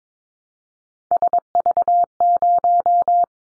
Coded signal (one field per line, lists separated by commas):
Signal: Morse code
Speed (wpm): 22 wpm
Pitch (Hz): 700 Hz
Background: none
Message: SV0